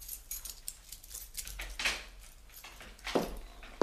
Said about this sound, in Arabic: لماذا لم تفتح صبوح الباب؟ سأفتح بالمفتاح لعلها أغفت ترتاح.